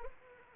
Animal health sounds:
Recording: mosquito wingbeat signal from an infrared sensor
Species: Anopheles arabiensis

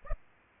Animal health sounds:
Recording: mosquito wingbeat signal from an infrared sensor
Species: Aedes aegypti

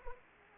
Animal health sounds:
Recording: mosquito wingbeat signal from an infrared sensor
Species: Anopheles arabiensis

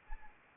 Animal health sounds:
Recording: mosquito wingbeat signal from an infrared sensor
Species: Anopheles arabiensis

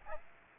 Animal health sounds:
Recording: mosquito wingbeat signal from an infrared sensor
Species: Aedes aegypti

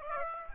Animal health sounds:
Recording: mosquito wingbeat signal from an infrared sensor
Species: Aedes aegypti

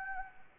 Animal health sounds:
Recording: mosquito wingbeat signal from an infrared sensor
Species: Anopheles gambiae

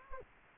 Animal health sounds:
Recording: mosquito wingbeat signal from an infrared sensor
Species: Anopheles gambiae

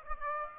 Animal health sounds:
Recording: mosquito wingbeat signal from an infrared sensor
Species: Aedes aegypti

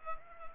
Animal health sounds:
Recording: mosquito wingbeat signal from an infrared sensor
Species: Culex pipiens

